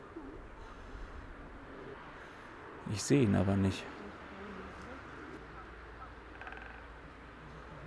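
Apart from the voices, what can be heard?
woodpecker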